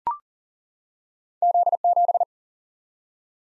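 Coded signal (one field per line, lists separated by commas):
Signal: Morse code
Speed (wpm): 40 wpm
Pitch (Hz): 700 Hz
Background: none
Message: Z 7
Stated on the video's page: Computer-sent head-copy drill of random two-character letter and number groups at 40 wpm, each group sent, spoken, then sent again.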